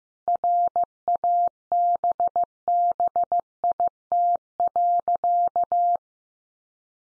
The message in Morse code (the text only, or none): RABBIT.